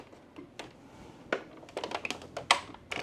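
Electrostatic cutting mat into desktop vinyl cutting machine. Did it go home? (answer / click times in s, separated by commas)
yes / 2.5 s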